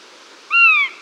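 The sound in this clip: Northern goshawk call, a single plaintive wailing note that falls gently at the end, in quiet surroundings.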